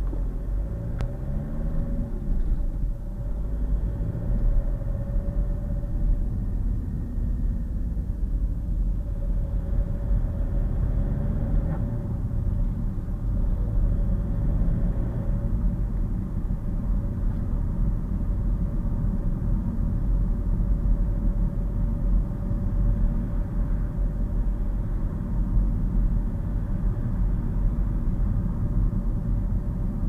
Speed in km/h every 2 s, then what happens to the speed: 19, 26, 29, 24, 27, 35, 37, 42, 42, 42, 42, 44, 44, 44, 42.
0-3 speeds up to 29. 7-13 speeds up to 42. 13-30 steady at about 42.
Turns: none.